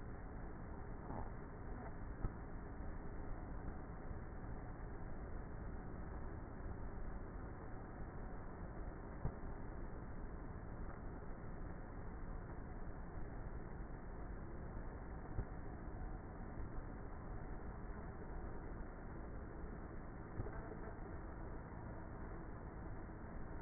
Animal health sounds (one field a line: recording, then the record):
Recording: honeybee colony, microphone inside the hive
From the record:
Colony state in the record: queenless with a low population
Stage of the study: before two queens were removed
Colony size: about 30,000 bees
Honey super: no